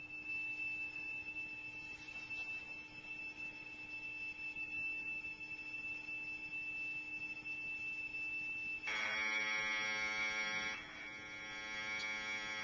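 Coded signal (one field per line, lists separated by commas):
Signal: Commodore tape loading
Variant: Commodore 64 Datasette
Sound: steady high whistle for nine seconds, then a harsh buzzing data screech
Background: tape hiss and hum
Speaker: back on a normal player and it's quite quite a lovely little experience when you listen to that music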